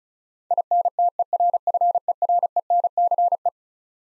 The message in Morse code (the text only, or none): INTERFERENCE